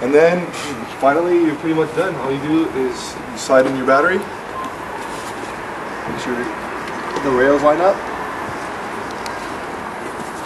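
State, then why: Not seated. A battery pack for an HPC Swiss Bike X70 folding electric mountain bike is slid onto its frame mount rails and lined up before being pushed home, while someone talks over steady background noise. Nothing has seated or clicked yet.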